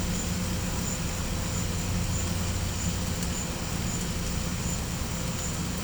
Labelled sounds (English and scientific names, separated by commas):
none